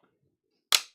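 While the fan in a soft box light is being replaced, a plastic clip-together housing part is pushed until it snaps into place. After near silence, a single sharp, bright click rings out at 0.8 seconds and fades within about 0.1 seconds. The clip seats home with a clean, satisfying click rather than a crunch.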